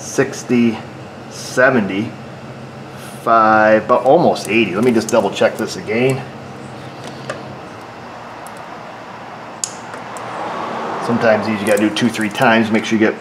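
A pocket belt tension gauge is pressed against the engine drive belt of a Nissan Sentra as the tension is rechecked, since these checks sometimes need to be done two or three times. Someone talks throughout, and the gauge gives a sharp click at 9.6 s as it reaches its reading.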